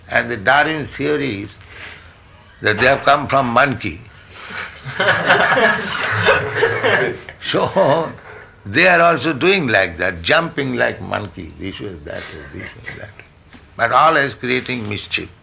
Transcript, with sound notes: And the Darwin's theory is that they have come from monkey. [laughter] So they are also doing like that, jumping like monkey, this way, that way, this way, that way, but always creating mischief.